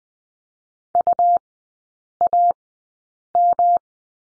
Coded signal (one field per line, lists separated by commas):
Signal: Morse code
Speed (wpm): 20 wpm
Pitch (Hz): 700 Hz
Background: none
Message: UAM